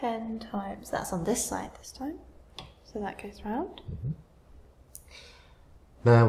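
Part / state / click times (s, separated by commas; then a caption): objective lens on a microscope revolving nosepiece / seated / 4.9 s. Someone talks while rotating a microscope's revolving nosepiece to bring the 10x objective lens into the light path. A single sharp click at 4.9 s marks the nosepiece detent engaging as the objective seats into position, and the talking resumes just after.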